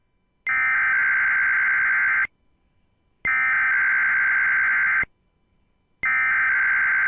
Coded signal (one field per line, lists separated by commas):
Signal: Emergency Alert System (SAME) tones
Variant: header bursts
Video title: The Typical NWR Weeklies plus some others. (EAS 452-479)